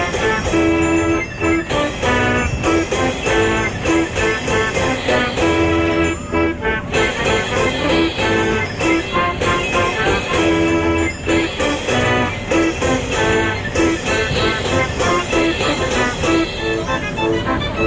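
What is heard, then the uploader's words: Fairground sounds, loud and continuous: bright, repeating organ-like melody lines over a constant low rumble of rides and machinery. Steady beats pulse throughout, and a blur of voices and clatter fills the background without a break. Fairground Sounds.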